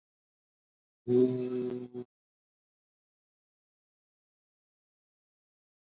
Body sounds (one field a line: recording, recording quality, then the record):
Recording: sustained vowel as in boot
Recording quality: moderate, slight background noise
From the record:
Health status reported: COVID-19 positive, moderate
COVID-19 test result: positive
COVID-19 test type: RT-PCR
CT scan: not taken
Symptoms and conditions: cough, cold, breathing difficulty, fever, fatigue, chronic lung disease, hypertension, diabetes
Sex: male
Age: 65 years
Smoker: no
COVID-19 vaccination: both doses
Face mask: worn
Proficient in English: no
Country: India